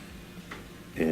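Two plastic tabs on a geared wheel of a bottom freezer drawer rail are pushed in with a screwdriver while the wheel is lifted about a quarter inch. Sharp clicks sound at 0.5 s and 1.0 s over a quiet background. The geared wheel is released from its tabs.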